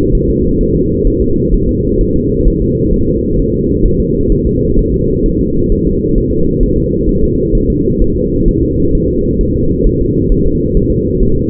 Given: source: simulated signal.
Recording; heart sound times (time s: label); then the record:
fetal heart sounds
0.15 s: S1
0.30 s: S2
0.61 s: S1
0.75 s: S2
1.07 s: S1
1.22 s: S2
1.54 s: S1
1.69 s: S2
2.01 s: S1
2.16 s: S2
2.47 s: S1
2.62 s: S2
2.94 s: S1
3.08 s: S2
3.39 s: S1
3.54 s: S2
3.86 s: S1
4.00 s: S2
4.32 s: S1
4.47 s: S2
4.79 s: S1
4.94 s: S2
5.26 s: S1
5.41 s: S2
5.72 s: S1
5.87 s: S2
6.18 s: S1
6.33 s: S2
6.63 s: S1
6.78 s: S2
7.09 s: S1
7.24 s: S2
7.55 s: S1
7.70 s: S2
8.02 s: S1
8.16 s: S2
8.49 s: S1
8.63 s: S2
8.95 s: S1
9.10 s: S2
9.41 s: S1
9.56 s: S2
9.87 s: S1
10.01 s: S2
10.32 s: S1
10.47 s: S2
10.77 s: S1
10.92 s: S2
11.23 s: S1
11.37 s: S2
From the record:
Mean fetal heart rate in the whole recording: 130 bpm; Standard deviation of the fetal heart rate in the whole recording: 4 bpm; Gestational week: 38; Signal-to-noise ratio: -15.3 dB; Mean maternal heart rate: 72 bpm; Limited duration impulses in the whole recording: present